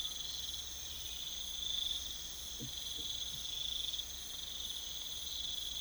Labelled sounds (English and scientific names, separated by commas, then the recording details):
none
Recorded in pastures near Puerto Asís, Putumayo, Colombia, on 21 December 2024 at 03:00
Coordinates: 0.486, -76.323
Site GP01